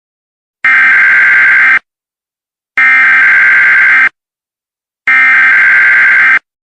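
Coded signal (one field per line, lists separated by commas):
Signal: Emergency Alert System (SAME) tones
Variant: header bursts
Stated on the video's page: Fictional hurricane warning EAS scenario, simulated alert.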